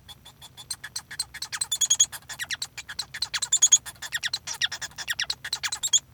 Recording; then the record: song of a male Bengalese finch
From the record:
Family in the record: son of father 1